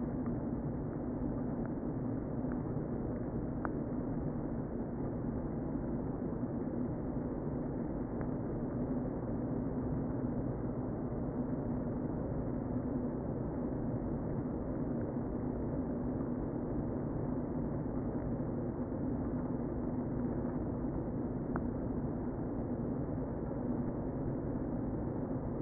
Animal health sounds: honeybee colony, microphone inside the hive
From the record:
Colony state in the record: queen present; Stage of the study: before two queens were removed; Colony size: about 60,000 bees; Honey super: yes

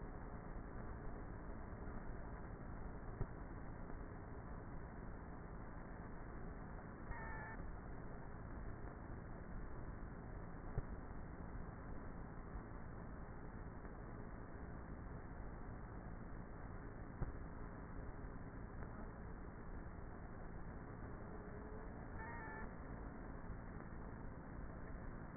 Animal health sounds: honeybee colony, microphone inside the hive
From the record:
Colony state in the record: queenless with a low population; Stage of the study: before two queens were removed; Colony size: about 30,000 bees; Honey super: no

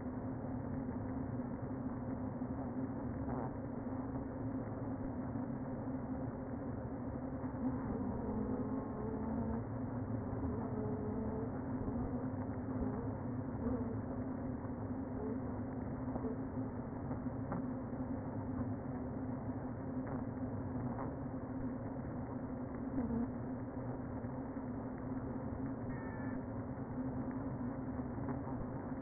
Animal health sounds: honeybee colony, microphone inside the hive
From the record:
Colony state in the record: queen present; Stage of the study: before two queens were removed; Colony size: about 60,000 bees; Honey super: yes

